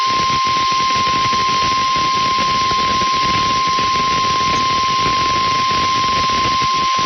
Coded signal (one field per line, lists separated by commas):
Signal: Emergency Alert System (SAME) tones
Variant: 1050 Hz attention tone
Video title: Winter Storm Warning on WIFT (12/14/22)(EAS 1309)